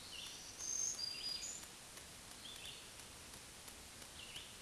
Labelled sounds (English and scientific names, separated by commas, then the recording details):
Black-throated Green Warbler (Setophaga virens) song
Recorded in a Pennsylvania forest on 1 June 2023 at 08:59
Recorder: AudioMoth, point grid3_34_low
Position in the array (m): 216 m, 140 m